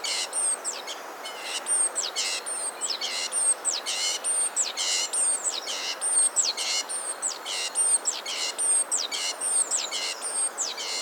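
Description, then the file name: Great tit calls, a steady run of high thin notes each followed by a short buzzy burst, repeating roughly once a second throughout. "Parus major"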